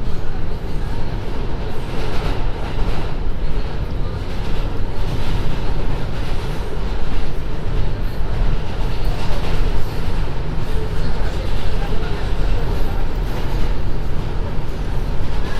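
A ride on the N subway train, recorded binaurally, with a steady, dense low rumble of the moving car filling the whole stretch. Voices murmur faintly underneath, and brief rattles and clanks come and go every second or two without any pause.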